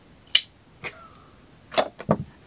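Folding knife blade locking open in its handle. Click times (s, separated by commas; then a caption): 0.4 s. A titanium-handled Reate Jack 2.0 liner-lock folding knife is flicked open, and its blade snaps into the locked-open position with a sharp click at 0.4 s. Quieter clicks and taps follow at around 1.8, 2.0 and 2.1 s, and the blade is confirmed locked open.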